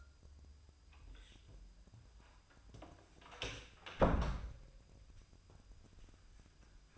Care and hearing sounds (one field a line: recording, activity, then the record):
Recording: daily activity, microphone in the room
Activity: close door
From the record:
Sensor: 2